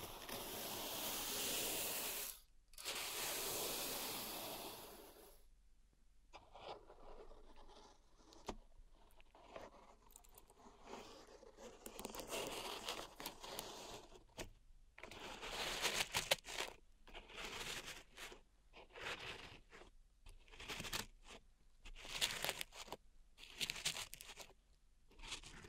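Pink salt being raked and stirred in a zen garden, starting with a loud, dense hiss that stops briefly near two seconds and cuts out around five. After that the grainy scraping turns softer and patchier, returning in bright bursts broken by short silences.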